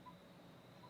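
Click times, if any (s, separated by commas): none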